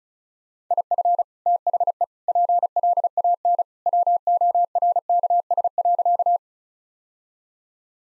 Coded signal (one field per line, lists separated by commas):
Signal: Morse code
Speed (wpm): 36 wpm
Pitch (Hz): 700 Hz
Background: none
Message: IF THE PLAN WORKS.